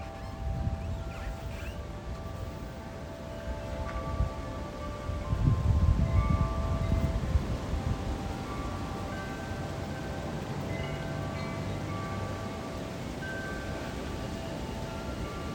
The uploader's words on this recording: Chimes outside the monastery, Stanstead Mill Stream, after dark on Sunday 10th December 2023 – by Eleanor McDowall. 17mph winds rattled these chimes so much that their sound rose up over the noise of the road and the nearby canal.